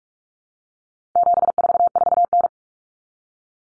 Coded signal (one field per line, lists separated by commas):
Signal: Morse code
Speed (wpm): 44 wpm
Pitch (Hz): 700 Hz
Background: none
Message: 744N